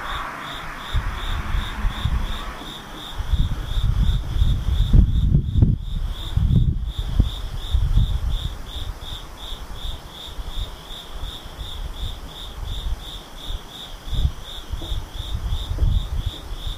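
An insect calls steadily throughout, a high chirping pulse repeating at an even pace of a few chirps per second. Low rumbling thumps, like wind or handling noise, rise strongly between about four and eight seconds and return briefly near the end.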